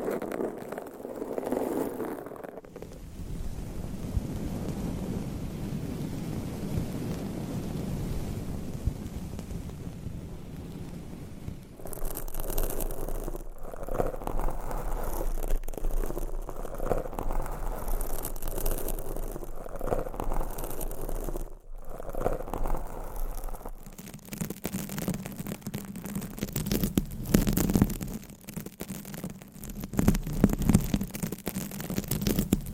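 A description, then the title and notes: Long fingernails scratch and rub across a microphone in dense bursts of rough rasping, with low rumbling thumps underneath. The texture shifts every few seconds, from a muffled grinding to brighter, crackling scrapes near 12 seconds, then steadier scratching with brief cut-offs after 24 seconds. ASMR Mic Scratching with the World's LONGEST Nails & 9 Mics No Talking.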